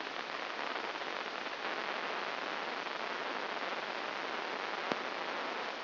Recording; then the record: brain microelectrode recording played as sound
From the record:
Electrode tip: inside the subthalamic nucleus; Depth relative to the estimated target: 3 mm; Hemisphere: left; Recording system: AlphaMap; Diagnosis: Parkinson's disease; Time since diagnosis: 14 years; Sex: female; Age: 58 years